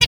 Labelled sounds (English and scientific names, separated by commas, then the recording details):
Zebra Finch (Taeniopygia guttata) hat call
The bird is a male
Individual mal2